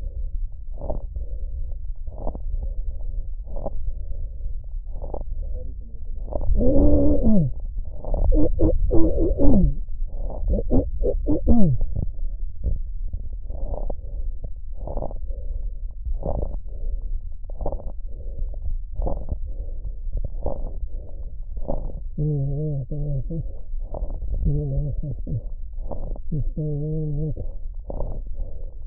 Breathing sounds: lung sounds by stethoscope; trachea; quiet breathing, then cough and speech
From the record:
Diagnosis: interstitial lung disease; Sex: male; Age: 72 years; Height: 167 cm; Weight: 74 kg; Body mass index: 26.5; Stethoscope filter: extended mode

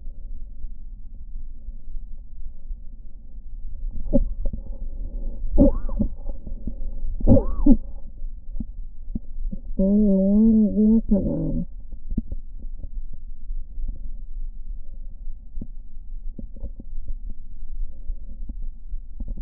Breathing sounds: lung sounds by stethoscope; right anterior apical chest; quiet breathing, then cough and speech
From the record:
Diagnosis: asthma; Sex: female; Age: 74 years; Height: 155 cm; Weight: 63 kg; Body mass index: 26.2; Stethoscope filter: diaphragm mode

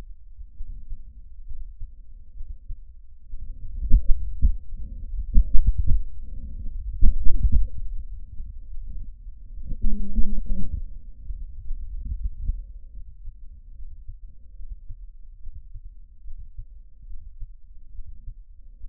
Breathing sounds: lung sounds by stethoscope; trachea; quiet breathing, then cough and speech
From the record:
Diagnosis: interstitial lung disease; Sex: female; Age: 60 years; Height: 154 cm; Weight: 68.1 kg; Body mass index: 28.7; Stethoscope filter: bell mode

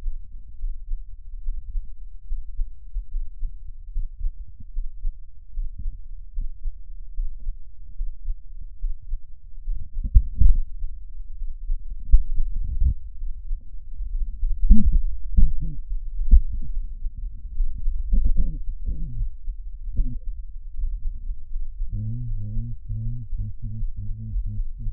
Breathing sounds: lung sounds by stethoscope; right anterior apical chest; quiet breathing, then cough and speech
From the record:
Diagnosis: none (healthy); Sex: male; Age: 35 years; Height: 186 cm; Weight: 108 kg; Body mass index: 31.2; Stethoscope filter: bell mode

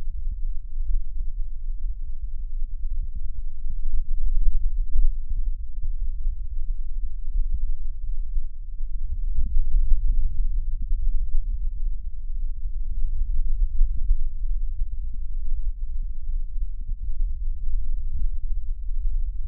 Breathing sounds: lung sounds by stethoscope; left anterior apical chest; quiet breathing, then deep breathing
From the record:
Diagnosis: COPD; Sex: male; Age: 77 years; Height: 172 cm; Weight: 94 kg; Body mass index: 31.8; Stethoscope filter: bell mode

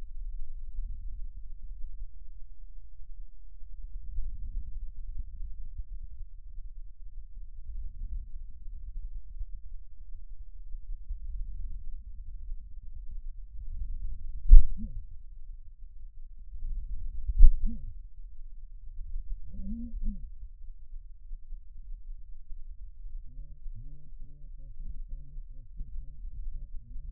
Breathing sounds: lung sounds by stethoscope; left posterior basal chest; quiet breathing, then cough and speech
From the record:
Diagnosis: pulmonary infection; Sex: male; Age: 54 years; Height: 187 cm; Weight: 95 kg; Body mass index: 27.2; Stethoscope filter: bell mode

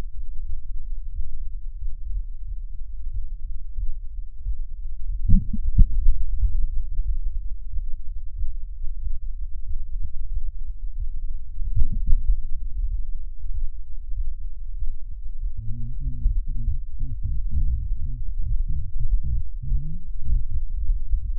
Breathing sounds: lung sounds by stethoscope; left anterior apical chest; quiet breathing, then cough and speech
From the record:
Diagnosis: interstitial lung disease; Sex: female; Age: 68 years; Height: 152 cm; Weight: 76 kg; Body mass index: 32.9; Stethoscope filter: bell mode

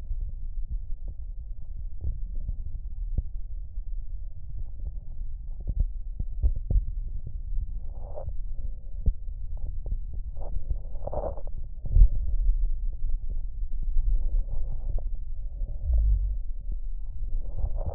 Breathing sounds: lung sounds by stethoscope; right posterior basal chest; quiet breathing, then deep breathing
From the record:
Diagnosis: COPD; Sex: male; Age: 85 years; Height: 183 cm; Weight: 88 kg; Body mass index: 26.3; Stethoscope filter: extended mode

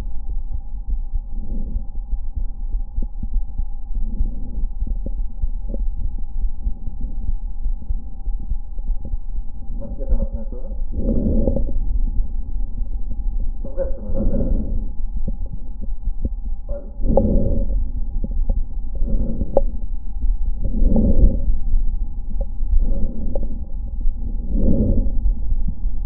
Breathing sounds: lung sounds by stethoscope; left anterior apical chest; quiet breathing, then deep breathing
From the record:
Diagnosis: interstitial lung disease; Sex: female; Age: 70 years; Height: 160 cm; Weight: 93 kg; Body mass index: 36.3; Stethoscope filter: diaphragm mode

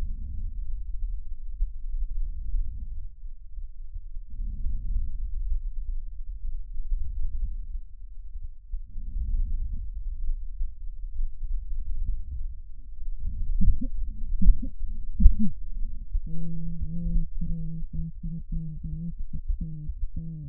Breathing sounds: lung sounds by stethoscope; right anterior apical chest; quiet breathing, then cough and speech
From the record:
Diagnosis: interstitial lung disease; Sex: female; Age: 72 years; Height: 158 cm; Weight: 69 kg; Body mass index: 27.6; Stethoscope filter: bell mode

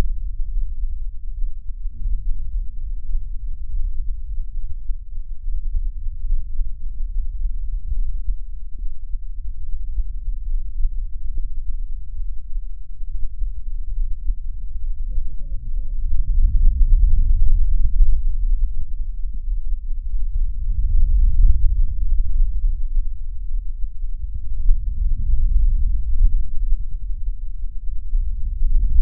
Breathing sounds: lung sounds by stethoscope; right anterior apical chest; quiet breathing, then deep breathing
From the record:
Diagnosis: pulmonary infection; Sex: male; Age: 74 years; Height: 171 cm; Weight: 80 kg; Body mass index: 27.4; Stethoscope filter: bell mode

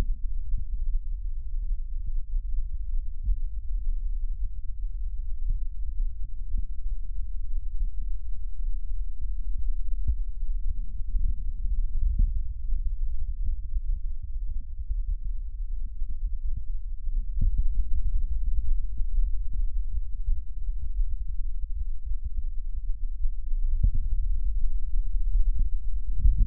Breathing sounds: lung sounds by stethoscope; right posterior apical chest; quiet breathing, then deep breathing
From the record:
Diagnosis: COPD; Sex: female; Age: 68 years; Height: 150 cm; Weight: 70 kg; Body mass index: 31.1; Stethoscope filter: bell mode

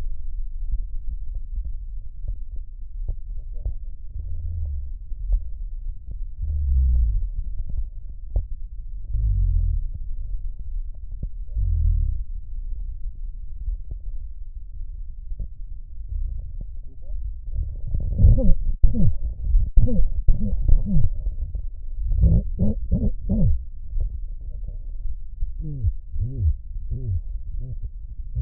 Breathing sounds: lung sounds by stethoscope; right posterior basal chest; quiet breathing, then cough and speech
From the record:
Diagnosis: COPD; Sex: male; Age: 70 years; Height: 170 cm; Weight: 74 kg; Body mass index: 25.6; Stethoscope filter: extended mode

